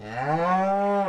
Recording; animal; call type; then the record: contact call of a hoofed animal; cattle; low-frequency (closed-mouth) or high-frequency (open-mouth) call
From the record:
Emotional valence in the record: negative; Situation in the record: full separation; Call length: 1.09 s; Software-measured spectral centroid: 1200 Hz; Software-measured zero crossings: 1440 a second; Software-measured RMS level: -24 dBFS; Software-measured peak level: -13 dBFS